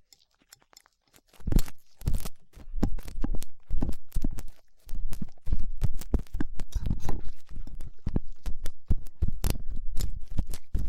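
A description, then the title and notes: Ear cleaning with latex gloves, a dental pick and cotton swabs: after a second and a half of near silence, dense crackly scratching and rubbing begins and continues without pause. Sharp clicks and snaps punctuate the rustling every fraction of a second, with a brief lull near five seconds. Ear Cleaning Latex Gloves, Dental Pick, Cotton Swabs.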